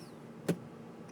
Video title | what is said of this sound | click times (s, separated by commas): Hid swap | you should hear an audible click | 0.5 s